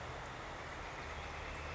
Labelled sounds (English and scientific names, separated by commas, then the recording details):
Northern Flicker (Colaptes auratus)
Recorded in Sonoma County, California